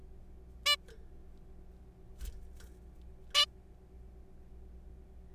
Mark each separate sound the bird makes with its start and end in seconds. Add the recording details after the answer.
0.66-0.76, 3.35-3.45. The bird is a juvenile. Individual R3428